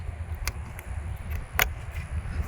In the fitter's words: just push it in and you can hear the clicks